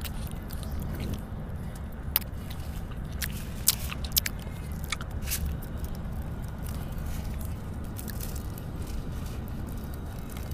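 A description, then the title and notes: Someone eats popping candy, with sharp little crackles and pops scattered through the clip, a few louder snaps near two, four and five seconds. Underneath runs a steady low rumble and wet chewing. Eating pop rocks and random candy.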